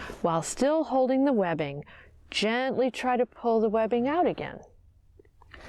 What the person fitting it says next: we did not hear a clicking sound when releasing the webbing back into the retractor